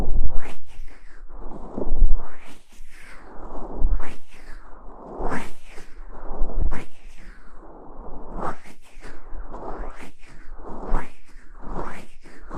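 Gloved hands in silk stockings massage with repeated soft swishing strokes, rising and falling about every second and a half, steady throughout.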